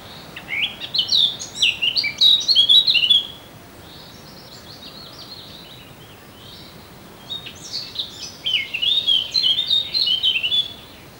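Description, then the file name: Eurasian blackcap song: two rich, fast warbling phrases of about three seconds each with varied high notes, separated by a pause of about four seconds. "Sylvia atricapilla"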